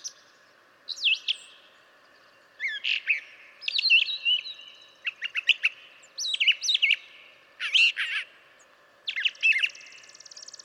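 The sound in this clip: Brown Thrasher singing a long sequence of varied phrases of sharp sweeping notes, separated by short pauses, ending in a buzzy rattle.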